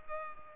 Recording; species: mosquito wingbeat signal from an infrared sensor; Culex pipiens